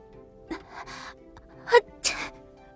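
A single sneeze from a woman listening to someone play the qin in the Yingxue Palace: a few short breathy catches build into a voiced intake, then a sharp, hissing burst that fades quickly. No talking.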